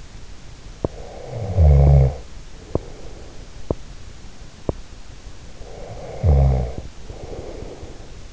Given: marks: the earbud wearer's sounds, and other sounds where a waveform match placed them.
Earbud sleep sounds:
sounds in sleep by an in-ear microphone; teeth grinding, snoring breath
0.73-0.96 s: teeth grinding
0.96-3.58 s: snoring breath
2.46-2.99 s: teeth grinding
3.58-3.87 s: teeth grinding
4.52-4.88 s: teeth grinding
5.52-8.17 s: snoring breath

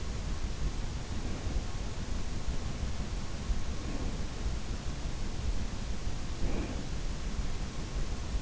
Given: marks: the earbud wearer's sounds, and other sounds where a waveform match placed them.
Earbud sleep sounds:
sounds in sleep by an in-ear microphone; breath
0.73-2.28 s: breath
3.51-4.60 s: breath
6.22-7.25 s: breath

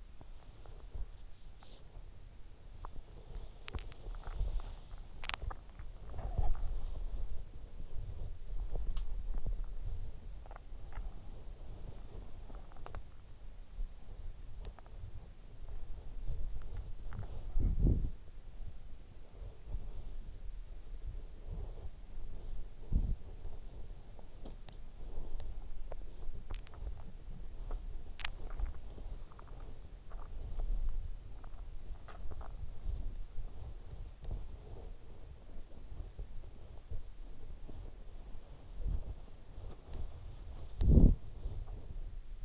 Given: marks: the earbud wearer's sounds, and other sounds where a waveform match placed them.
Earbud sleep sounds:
sounds in sleep by an in-ear microphone; body movement, swallowing
0.43-42.45 s: body movement
27.48-29.26 s: swallowing

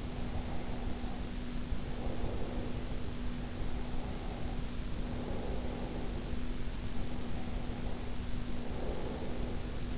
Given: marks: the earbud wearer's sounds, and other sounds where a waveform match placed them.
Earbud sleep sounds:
sounds in sleep by an in-ear microphone; breath
0.00-3.17 s: breath
3.34-6.52 s: breath
6.78-9.92 s: breath

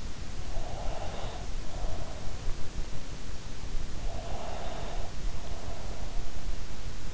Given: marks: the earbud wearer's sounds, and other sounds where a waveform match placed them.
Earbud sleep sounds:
sounds in sleep by an in-ear microphone; breath
0.88-2.37 s: breath
4.25-6.08 s: breath

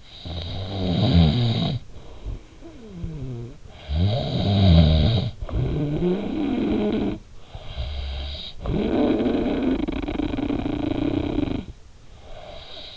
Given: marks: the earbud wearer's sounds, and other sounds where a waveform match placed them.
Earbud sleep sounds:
sounds in sleep by an in-ear microphone; snoring breath
0.00-3.57 s: snoring breath
3.77-12.97 s: snoring breath

